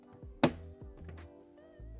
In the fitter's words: Satisfying click.